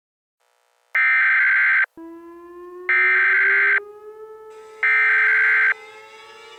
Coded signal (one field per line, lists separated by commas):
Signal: Emergency Alert System (SAME) tones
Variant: header bursts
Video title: EAS Scenario - The Cataclysm